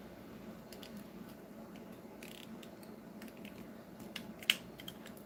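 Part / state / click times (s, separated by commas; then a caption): plastic part locking into a transforming robot toy / not seated / none. A plastic part of a transforming robot toy is handled during its transformation, giving faint scattered plastic ticks and taps with one sharper tap around 4.5 s. The part is temperamental and does not lock in the way it is supposed to; nothing clicks into place.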